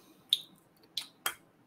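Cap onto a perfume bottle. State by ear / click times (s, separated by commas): not seated / none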